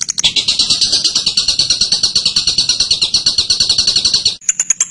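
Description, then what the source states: Bird song: a fast, continuous, high buzzy trill held for about four seconds, then a short burst of higher, sharper chattering notes. Recording used to train captive birds.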